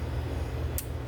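An MC cable connector is pushed onto metal-clad armored cable, and its little barbs snap as it seats. A single short, bright click at 0.8 s rises sharply above a steady low hum, and the connector is seated on the cable.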